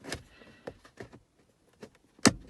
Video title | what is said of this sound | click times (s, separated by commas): Toyota Yaris Hybrid 2020 (Lounge e Style) - Montaggio luci ambiente originale (Installazione LED) | ed è scattato anche il secondo, quindi è tornato tutto come prima. Perfetto. | 2.2 s